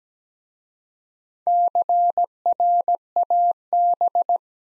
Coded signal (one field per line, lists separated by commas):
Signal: Morse code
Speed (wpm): 17 wpm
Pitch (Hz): 700 Hz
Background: none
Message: CRAB